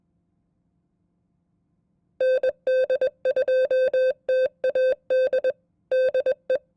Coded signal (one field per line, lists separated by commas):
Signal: Morse code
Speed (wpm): 21 wpm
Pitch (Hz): 520 Hz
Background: none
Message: ND2TAD DE